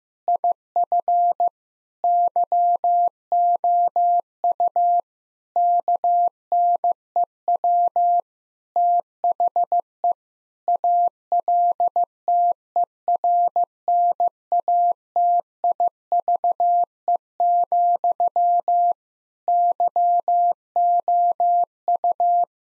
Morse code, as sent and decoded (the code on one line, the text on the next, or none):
.. ..-. / -.-- --- ..- / -.- -. . .-- / - .... . / .- .-.. - . .-. -. .- - .. ...- . --..-- / -.-- --- ..-
IF YOU KNEW THE ALTERNATIVE, YOU